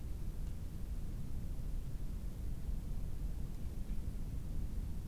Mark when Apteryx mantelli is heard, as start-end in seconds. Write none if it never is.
none